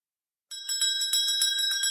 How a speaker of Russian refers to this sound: Мама позвонила в колокольчик.